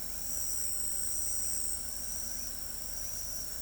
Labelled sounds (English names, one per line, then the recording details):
none
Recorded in pastures near Pivijay, Magdalena, Colombia, on 5 June 2023 at 22:00
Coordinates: 10.456, -74.369
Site P6-G026